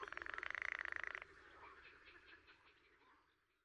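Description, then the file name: Pool frog giving one fast, rattling pulsed trill of about a second, followed by fainter pulsing sounds. "grenouille de lessona"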